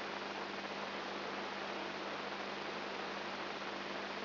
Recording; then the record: brain microelectrode recording played as sound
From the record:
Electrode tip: inside the subthalamic nucleus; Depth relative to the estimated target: 0 mm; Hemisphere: right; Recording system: AlphaMap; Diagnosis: Parkinson's disease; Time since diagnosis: 7 years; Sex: female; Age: 55 years